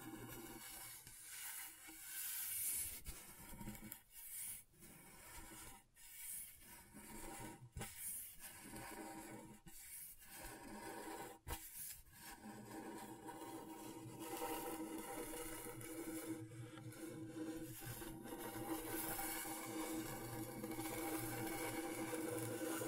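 Scratchboard being scraped, a dry rasping and rubbing sound. In the first twelve seconds the strokes come in separate bursts with short pauses and a few sharp clicks; after that the scratching turns continuous and denser, with a steady low hum underneath.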